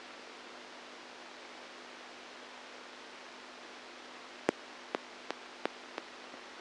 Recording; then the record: brain microelectrode recording played as sound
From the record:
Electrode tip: outside the subthalamic nucleus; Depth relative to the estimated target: 3 mm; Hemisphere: right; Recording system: NeuroSet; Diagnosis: Parkinson's disease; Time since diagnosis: 10 years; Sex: female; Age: 67 years